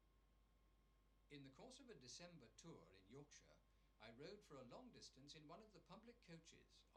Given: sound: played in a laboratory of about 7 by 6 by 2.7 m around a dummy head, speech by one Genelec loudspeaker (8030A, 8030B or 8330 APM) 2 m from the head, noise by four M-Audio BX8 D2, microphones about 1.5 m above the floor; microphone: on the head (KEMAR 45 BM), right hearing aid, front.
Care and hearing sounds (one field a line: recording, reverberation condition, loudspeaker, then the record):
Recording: male speech in English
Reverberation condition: low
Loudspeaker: 30 degrees to the right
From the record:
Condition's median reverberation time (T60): about 310 ms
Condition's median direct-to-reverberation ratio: about 3.5 dB